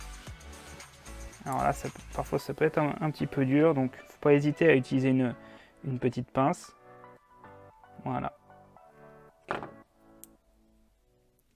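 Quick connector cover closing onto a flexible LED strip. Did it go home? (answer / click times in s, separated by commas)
yes / 9.5 s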